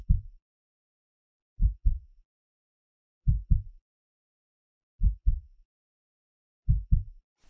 Heartbeat sound effect.